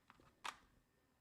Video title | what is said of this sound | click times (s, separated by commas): VR #568 - META PRO FIRST LOOK | snaps into place and now you're getting the sides | 0.5 s